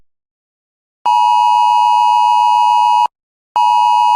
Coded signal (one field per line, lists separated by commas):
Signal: Emergency Alert System (SAME) tones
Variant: 853 and 960 Hz attention tone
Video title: EAS Scenario ( The Start Of WW3)